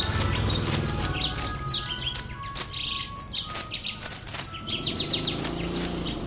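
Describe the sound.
Brimstone canary song: continuous, lively warbling of high chirps and trilled notes.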